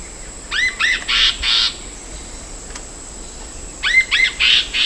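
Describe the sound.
Bird calls: two bright phrases, each of rising hooked chirps followed by two harsher buzzy notes, about three seconds apart, with a constant high-pitched hiss behind.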